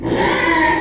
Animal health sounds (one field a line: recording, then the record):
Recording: squeal of a Yucatan mini pig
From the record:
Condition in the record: before surgery on the right vocal fold (resection and tissue-engineered implant)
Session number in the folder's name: 1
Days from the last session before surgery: -3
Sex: male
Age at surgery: 12 weeks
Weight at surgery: 13 kg